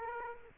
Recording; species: mosquito wingbeat signal from an infrared sensor; Aedes aegypti